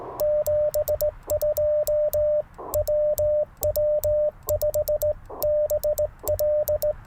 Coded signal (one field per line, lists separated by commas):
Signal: Morse code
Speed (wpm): 17 wpm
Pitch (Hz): 600 Hz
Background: radio noise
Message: 72 WW5BL